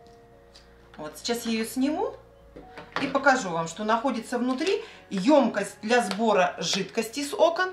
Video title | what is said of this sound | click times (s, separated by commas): Как и Чем быстро помыть ОКНА без лишних усилий и РАЗВОДОВ!!! Моющий ручной пылесос КЕРХЕР. | так она легко снимается и также легко насаживается с щелчком вот | 0.6 s